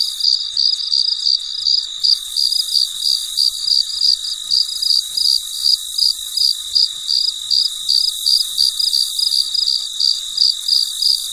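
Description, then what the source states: Cricket chirping in quick even pulses, near three per second, with a steady high-pitched insect chorus underneath. Recorded late at night; described as very quiet and peaceful.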